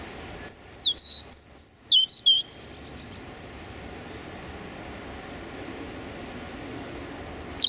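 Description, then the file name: European robin delivering a quick burst of high, thin, sliding whistles and twitters, followed by a quiet stretch with faint birds and one brief closing note. Male singing his territorial song. "European Robin Erithacus rubecula male singing his territorial song"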